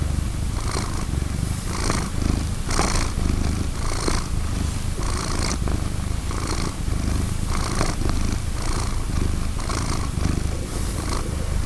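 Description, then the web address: A domestic cat's purr, an even low vibration running without a break. Purring domestic cat named Vincent, recorded 19 June 2010. "robek Purring Domestic Cat Vincent 20100619"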